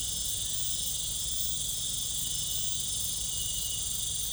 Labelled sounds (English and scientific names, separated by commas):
none